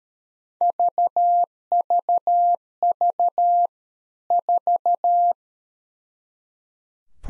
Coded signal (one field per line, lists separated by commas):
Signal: Morse code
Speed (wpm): 13 wpm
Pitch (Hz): 700 Hz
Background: none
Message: VVV 4